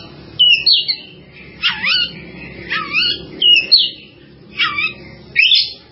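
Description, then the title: Java sparrow chirping song: bursts of sharp, sliding chirps and short twittering notes every second or so, with quiet gaps and a faint low hum underneath. "kicau gelatik"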